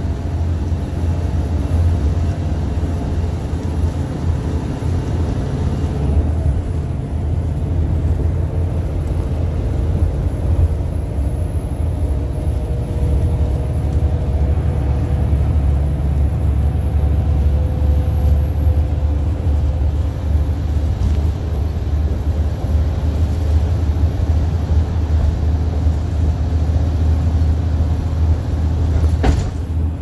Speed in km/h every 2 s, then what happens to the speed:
61, 63, 63, 64, 64, 68, 69, 72, 72, 72, 76, 77, 77, 79, 79.
0-30 speeds up to 79.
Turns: none.